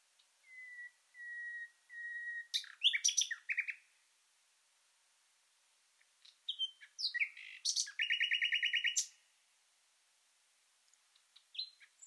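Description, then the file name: Common nightingale song: three long pure whistles followed by a burst of sharp notes, then after a pause a loud rapid rattling trill. "Luscinia megarhynchos"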